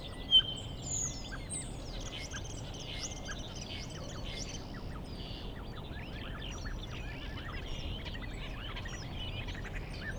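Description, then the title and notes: Common starling chattering song, a dense jumble of clicks, short whistles and buzzy notes running steadily through, over a low background rumble. Starlings outside a window in rural Goworów, Poland, mimicking other bird species rather than car alarms; recorded with Zoom F4 and AT BP4025. "Goworów 6, 57-515, Poland - Starlings mimicking other species. Zainstalowały mi się za oknem szpaki i udają najróżniejsze inne dźwięki. Obok wcale nie ma stawu - to szpaki udają żaby. Tak samo z wołaniem żurawi - to słabsze głosy, ale ewidentny zaśpiew żurawia"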